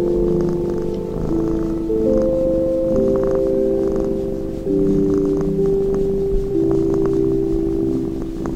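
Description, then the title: Domestic cat purring, a steady low rapid rumble throughout, beneath soft sustained music tones that shift pitch now and then. Sleep music with a cat beside the listener. "睡眠音乐 猫咪伴在你身边"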